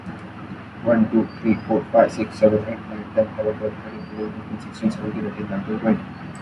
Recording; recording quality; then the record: counting at a fast pace; excellent, no background noise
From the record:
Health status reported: healthy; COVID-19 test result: not tested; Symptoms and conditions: cough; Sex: male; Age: 23 years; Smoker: yes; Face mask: not worn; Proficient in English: yes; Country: India